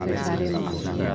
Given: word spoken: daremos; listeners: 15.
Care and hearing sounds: one Spanish word in noise, from a listening test; eight-talker babble; -1.4 dB; 0 of 15; 9 of 15; 0.75 s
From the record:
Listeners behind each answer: 9, 2, 1, 1, 1, 1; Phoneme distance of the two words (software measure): 31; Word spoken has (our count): 3 syllables, 7 phonemes, stress on syllable 2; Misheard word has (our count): 4 syllables, 10 phonemes, stress on syllable 3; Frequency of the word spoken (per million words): 3.23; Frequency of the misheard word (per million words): 0.32

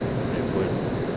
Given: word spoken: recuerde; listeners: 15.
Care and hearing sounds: one Spanish word in noise, from a listening test; speech-shaped noise; -6.2 dB; 1 of 15; 6 of 15; 0.77 s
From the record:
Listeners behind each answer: 6, 2, 1, 1, 1, 1, 1, 1, 1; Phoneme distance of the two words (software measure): 10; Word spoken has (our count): 3 syllables, 8 phonemes, stress on syllable 2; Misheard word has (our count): 3 syllables, 8 phonemes, stress on syllable 2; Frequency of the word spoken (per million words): 9.47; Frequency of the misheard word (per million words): 100.82

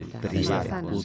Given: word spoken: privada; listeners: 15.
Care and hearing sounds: one Spanish word in noise, from a listening test; four-talker babble; -1.9 dB; 0 of 15; 9 of 15; 0.65 s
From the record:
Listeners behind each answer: 9, 1, 1, 1, 1, 1, 1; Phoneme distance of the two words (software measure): 47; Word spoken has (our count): 3 syllables, 7 phonemes, stress on syllable 2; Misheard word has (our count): 2 syllables, 6 phonemes, stress on syllable 1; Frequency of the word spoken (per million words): 59.30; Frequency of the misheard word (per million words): 44.93

